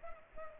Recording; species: mosquito wingbeat signal from an infrared sensor; Culex pipiens